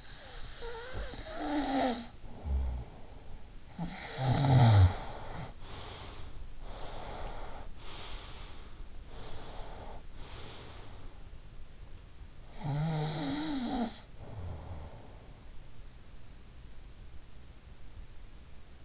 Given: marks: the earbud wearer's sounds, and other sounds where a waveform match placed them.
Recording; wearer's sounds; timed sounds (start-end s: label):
sounds in sleep by an in-ear microphone; snoring breath, breath
0.30-3.38 s: snoring breath
3.90-6.39 s: snoring breath
6.76-11.38 s: breath
12.60-15.33 s: snoring breath